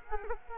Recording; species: mosquito wingbeat signal from an infrared sensor; Culex quinquefasciatus